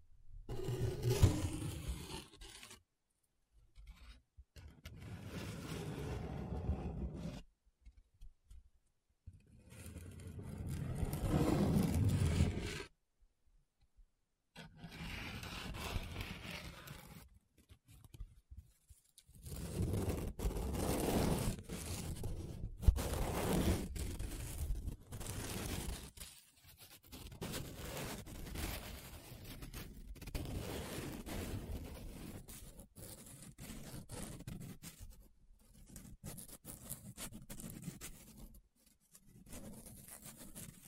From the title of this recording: Paper Sounds Tracing, Scratching, Rubbing